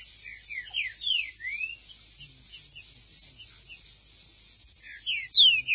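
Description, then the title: Green-winged saltator song: several short, mostly downslurred whistles in a loose series, softer in the middle and louder at the end, with low background hum. "Trinca Ferro"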